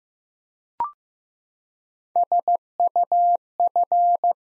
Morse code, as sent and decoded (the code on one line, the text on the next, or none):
... ..- ..-.
SUF